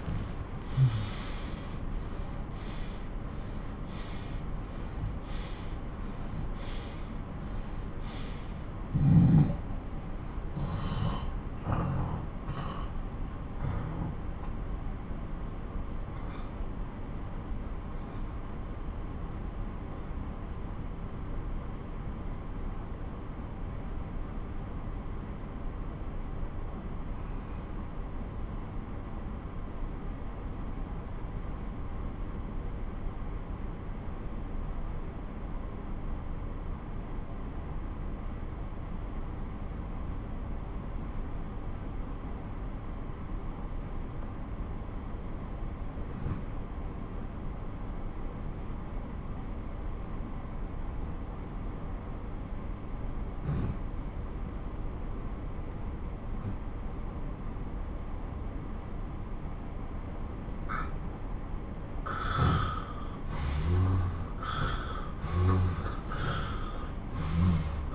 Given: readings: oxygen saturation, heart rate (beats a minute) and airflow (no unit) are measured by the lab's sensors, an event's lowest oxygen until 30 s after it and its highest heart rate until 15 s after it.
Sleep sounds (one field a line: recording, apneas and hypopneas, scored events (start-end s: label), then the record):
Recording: breathing in sleep by a smartphone at the bedside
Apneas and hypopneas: 1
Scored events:
7.00-62.00 s: obstructive apnea (N2, oxygen 97% highest, then 85% lowest)
58.00-67.95 s: new sleep stage, N1 (lightest sleep)
From the record:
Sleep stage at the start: N2 (light sleep)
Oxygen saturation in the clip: 91 to 97%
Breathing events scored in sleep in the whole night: 217 in 6.3 hours asleep